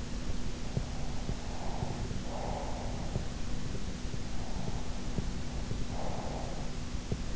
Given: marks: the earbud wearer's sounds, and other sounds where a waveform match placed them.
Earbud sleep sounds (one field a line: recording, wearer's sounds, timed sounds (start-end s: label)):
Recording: sounds in sleep by an in-ear microphone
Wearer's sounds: breath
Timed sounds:
0.68-3.11 s: breath
3.99-6.85 s: breath